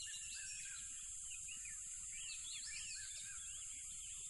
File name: smartsound ATMO NATURE Tropical River Loud Crickets